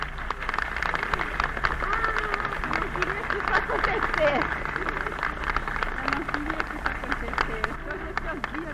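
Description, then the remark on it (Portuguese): An audience at the 1965 inauguration of the MIS in Brazil applauds pianist Guiomar Novaes steadily for several seconds, many hands clapping in a dense, continuous patter at an even loudness, with faint voices murmuring underneath. “a presença, para nós inesperada e por isso ainda mais honrosa, de Guiomar Novaes, a extraordinária pianista do Brasil, para a qual peço a todos uma salva de palmas.”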